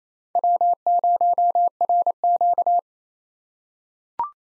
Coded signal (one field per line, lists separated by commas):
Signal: Morse code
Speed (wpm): 27 wpm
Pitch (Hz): 700 Hz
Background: none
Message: W0RQ